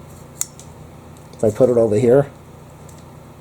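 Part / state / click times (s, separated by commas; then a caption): metal rack piece into an indentation on the frame / seated / 0.4 s. A metal piece of a Trinity 48-inch bronze garment rack is fitted into an indentation on the frame, giving a sharp click at 0.4 s as it locks in place. A fainter tick follows at 0.6 s, and someone talks briefly afterward.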